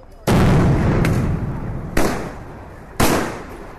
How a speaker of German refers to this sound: Anti-Demonstrationseinheiten der Polizei haben den Platz längst umstellt. Sie tragen schwarze Uniformen, Helme und Schutzschilde. Sie feuern Gummigeschosse ab und zünden Tränengasgranaten.